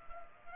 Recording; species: mosquito wingbeat signal from an infrared sensor; Culex pipiens